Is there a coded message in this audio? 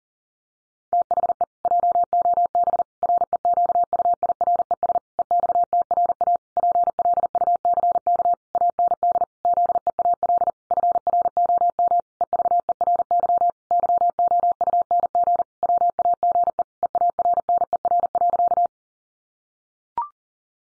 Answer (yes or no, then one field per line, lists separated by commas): yes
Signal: Morse code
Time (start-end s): 0.9-18.7 s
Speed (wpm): 37 wpm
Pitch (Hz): 700 Hz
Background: none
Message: THE JOB REQUIRES EXTRA PLUCK AND ZEAL FROM EVERY YOUNG WAGE EARNER.